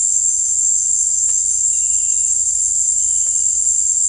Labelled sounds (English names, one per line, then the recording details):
none
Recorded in dense forest near Puerto Asís, Putumayo, Colombia, on 18 December 2024 at 18:00
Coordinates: 0.484, -76.317
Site G026